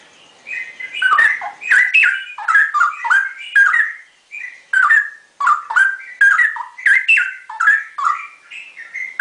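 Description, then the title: Oriental magpie-robin singing a busy, continuous run of whistled and chattering phrases, with frequent sharp clicks and short notes repeated throughout. "Kicau Kacer"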